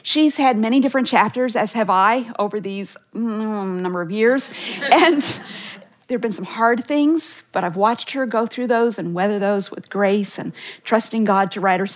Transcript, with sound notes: She’s had many different chapters, as have I, over these (mumble, mumble) number of years. (laughter) There have been some hard things, but I’ve watched her go through those and weather those with grace, trusting God to write her story.